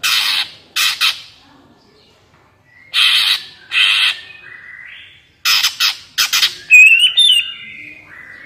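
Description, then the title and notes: Greater green leafbird giving harsh, noisy squawking bursts in short clusters, broken by thin rising whistles near the end. Active singing bird with crest raised, in the ngentrok song style; recording made as a master track for training captive greater green leafbirds. "Cucak Ijo Gacor Ngentrok Jambul Nembak. suara burung cucak ijo gacor, merdu cocok buat masteran burung cucak ijo"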